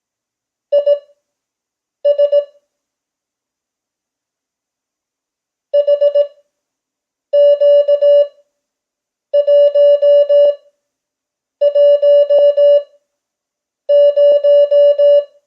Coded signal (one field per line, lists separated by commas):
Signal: Morse code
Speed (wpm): 18 wpm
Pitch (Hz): 580 Hz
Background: none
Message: IS HQ110